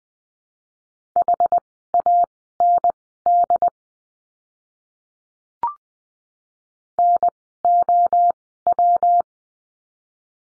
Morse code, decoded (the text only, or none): HAND NOW